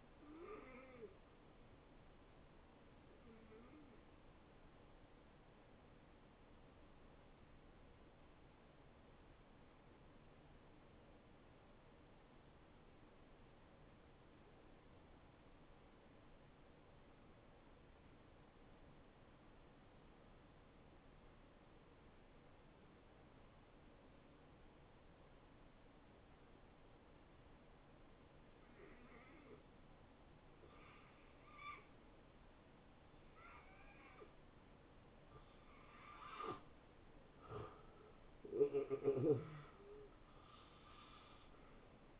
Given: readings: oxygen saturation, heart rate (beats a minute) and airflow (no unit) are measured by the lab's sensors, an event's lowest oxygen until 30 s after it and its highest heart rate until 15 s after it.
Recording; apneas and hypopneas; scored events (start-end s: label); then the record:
breathing in sleep by a voice recorder at the bedside; 1
5.00-35.60 s: hypopnea (N1, oxygen 93% highest, then 79% lowest, heart rate 76 at the start, 80 highest)
17.00-42.20 s: new sleep stage, N2 (light sleep)
From the record:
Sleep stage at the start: N1 (lightest sleep); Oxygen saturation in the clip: 79 to 93%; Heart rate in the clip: 71 to 81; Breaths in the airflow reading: 7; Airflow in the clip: -21.9 to 8.5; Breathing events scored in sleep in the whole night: 263 in 5.5 hours asleep